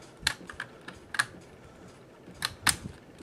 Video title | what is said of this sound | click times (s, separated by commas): How to Install RAM in your Laptop | snap right in that baby | 2.4 s, 2.7 s